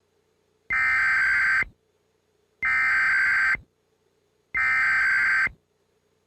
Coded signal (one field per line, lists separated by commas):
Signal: Emergency Alert System (SAME) tones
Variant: header bursts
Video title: [THIS IS SCARY AS FREAK THAN PT.1] Leni Loud Reacting To: EAS Scenario: The Grieving (Pt.2)